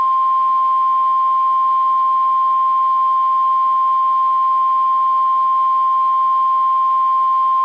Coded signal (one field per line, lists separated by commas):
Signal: Emergency Alert System (SAME) tones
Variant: 1050 Hz attention tone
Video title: Lone Star Goodies! | EAS Alerts from April 28th, 2023 (EAS #2393-2417)